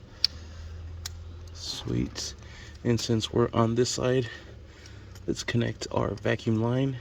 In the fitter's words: So just make sure they press in and secure that locking tab.